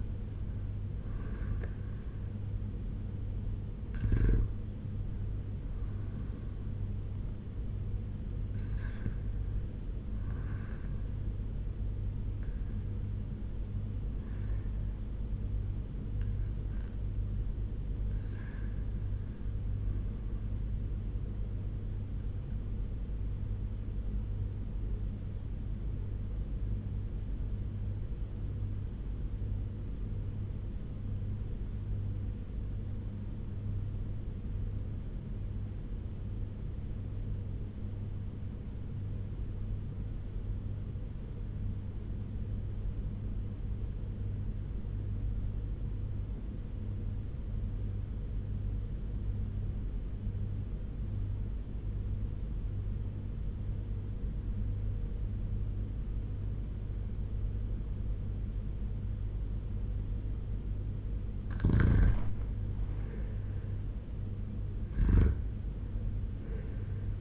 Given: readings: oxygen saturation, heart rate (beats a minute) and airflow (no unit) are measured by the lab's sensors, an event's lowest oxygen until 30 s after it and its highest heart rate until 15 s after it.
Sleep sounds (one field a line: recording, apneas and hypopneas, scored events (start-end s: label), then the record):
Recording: breathing in sleep by a smartphone at the bedside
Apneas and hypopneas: 1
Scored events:
29.00-61.70 s: obstructive apnea (REM, oxygen 97% highest, then 85% lowest, heart rate 89 at the start, 93 highest)
From the record:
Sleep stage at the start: REM sleep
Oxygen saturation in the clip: 77 to 97%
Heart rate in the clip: 88 to 94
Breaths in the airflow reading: 8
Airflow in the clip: -7.3 to 7.7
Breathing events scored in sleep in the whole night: 201 in 6.5 hours asleep